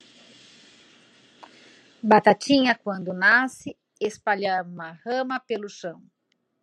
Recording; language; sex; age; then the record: short text; Brazilian Portuguese; female; 50 to 59 years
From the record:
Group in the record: control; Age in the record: 52 years